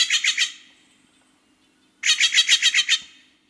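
Steller's Jay harsh calls: a burst of four raspy notes, a short pause, then a rapid run of about eight grating notes.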